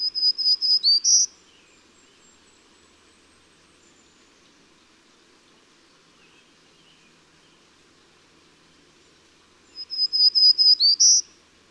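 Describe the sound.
Bird song phrase: rapid high whistled notes ending in a brighter upslurred note, given twice about nine seconds apart with quiet between and faint steady background hiss.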